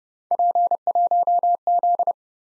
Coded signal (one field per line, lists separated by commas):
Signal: Morse code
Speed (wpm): 29 wpm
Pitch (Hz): 700 Hz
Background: none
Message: P1Z